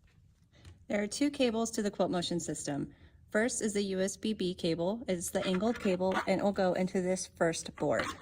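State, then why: Not seated. Someone talks while an angled USB-B cable plug for the QuiltMotion system is handled at the first control board, a connector that is a little difficult to get in. Nothing has seated or clicked yet.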